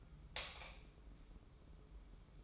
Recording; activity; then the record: daily activity, microphone in the room; light off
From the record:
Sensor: 1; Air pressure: 995.4 hPa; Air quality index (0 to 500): 26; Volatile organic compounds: 1 ppm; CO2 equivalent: 514 ppm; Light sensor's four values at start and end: 14/42/16/17 and 11/26/10/11